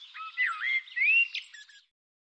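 Bird song: a continuous warbling run of swooping whistled notes that rise and fall, lasting under two seconds.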